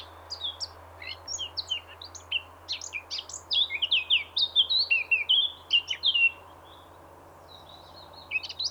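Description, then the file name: Eurasian blackcap in a long, dense, scratchy warble for about six seconds, then a pause before a few more notes, with a low steady hum beneath. "Sylvia atricapilla"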